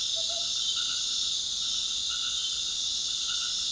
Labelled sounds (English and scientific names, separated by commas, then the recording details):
Tropical Screech-Owl (Megascops choliba)
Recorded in dense forest near Puerto Asís, Putumayo, Colombia, on 21 February 2024 at 19:00
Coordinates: 0.502, -76.324
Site G6370